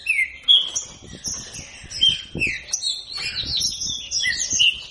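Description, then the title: Green-winged saltator song: rich whistled phrases sliding up and down, interwoven with sharp high chirps, sung almost without pause. Captive-bred bird; song style called voice 07 (Voz 07). "Canto De Trinca Ferro Voz 07"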